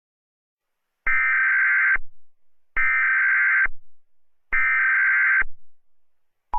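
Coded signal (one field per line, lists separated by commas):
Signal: Emergency Alert System (SAME) tones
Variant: header bursts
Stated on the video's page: Fictional EAS scenario, not a real alert.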